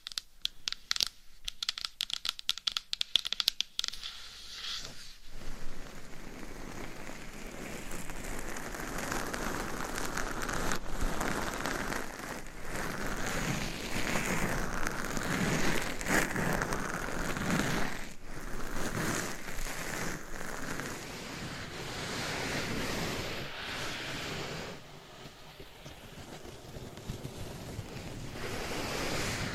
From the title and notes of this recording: ASMR Changing Triggers Every 30 Seconds Scratching , Tapping , Massage & More No Talking.